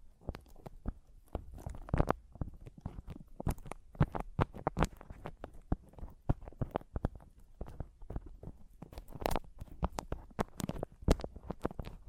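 Tapping and scratching on a microphone make a dense run of sharp, irregular knocks and scrapes, with thuddy low bumps between them throughout.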